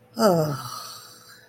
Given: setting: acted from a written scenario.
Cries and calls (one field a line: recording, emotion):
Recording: vocal sound without words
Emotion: serenity